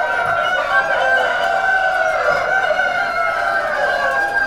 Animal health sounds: poultry house recording; healthy chickens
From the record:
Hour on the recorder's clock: 2

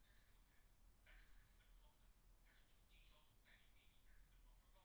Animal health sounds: poultry house recording; no chicken sound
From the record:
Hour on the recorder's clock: 9

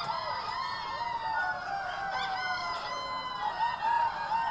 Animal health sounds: poultry house recording; healthy chickens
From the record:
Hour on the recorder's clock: 11

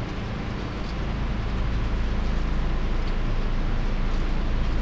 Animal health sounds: poultry house recording; no chicken sound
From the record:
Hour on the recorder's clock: 21

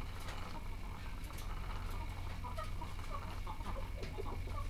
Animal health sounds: poultry house recording; sick chickens (respiratory disease)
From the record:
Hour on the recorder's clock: 14

